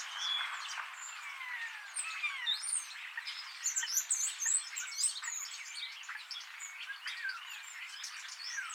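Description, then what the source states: Starling flock calls: clear slurred whistles sliding down and up over a steady bed of clicking, chirping chatter, with bursts of higher notes in the middle. Several starlings.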